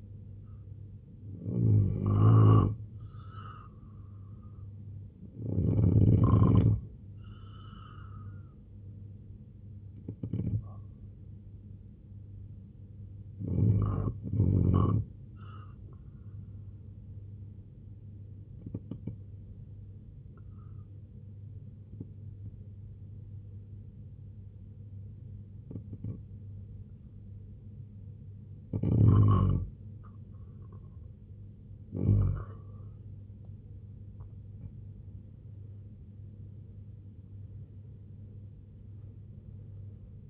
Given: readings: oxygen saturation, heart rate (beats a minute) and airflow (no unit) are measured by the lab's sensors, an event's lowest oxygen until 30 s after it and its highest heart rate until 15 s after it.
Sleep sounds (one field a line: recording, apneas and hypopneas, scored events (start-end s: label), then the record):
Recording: breathing in sleep by a smartphone at the bedside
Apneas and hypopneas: 1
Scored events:
14.00-32.00 s: hypopnea (N2, oxygen 92% highest, then 89% lowest, heart rate 69 at the start, 94 highest)
30.00-40.30 s: new sleep stage, N1 (lightest sleep)
From the record:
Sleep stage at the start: N2 (light sleep)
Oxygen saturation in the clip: 90 to 92%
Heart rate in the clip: 65 to 90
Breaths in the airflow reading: 7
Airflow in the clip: -10.1 to 11.2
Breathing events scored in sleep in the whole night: 258 in 7.4 hours asleep